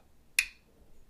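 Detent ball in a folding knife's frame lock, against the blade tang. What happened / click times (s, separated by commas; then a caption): Folding knife blade detent clicks open / 0.4 s. A Chris Reeve Knives 25 folding knife, opened after the 21 to compare their detent clicks, has its blade swung open until the detent ball in the frame lock engages against the blade tang. One sharp, bright click at 0.4 s is strongest around 2–3 kHz and above 8 kHz, then rings off over about 0.2 s against a quiet background. The blade clicks open and seats in its detent.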